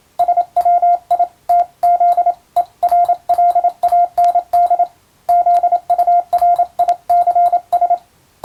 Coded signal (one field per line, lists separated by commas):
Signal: Morse code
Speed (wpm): 27 wpm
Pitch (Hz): 700 Hz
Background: radio noise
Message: SWITZERLAND ZURICS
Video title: 昭和には無線通信士を養成する学校が多数ありました。こんな練習が毎日授業の中にありました。今でも国家試験があり、モールスの実技試験があります。ＣＷの受信練習に！ morse code practice